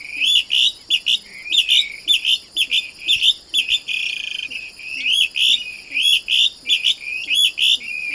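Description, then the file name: Blackish rail giving repeated piercing squeals in rapid bursts, pausing briefly between phrases, with a steady high tone running throughout. "canto da saracura do banhado"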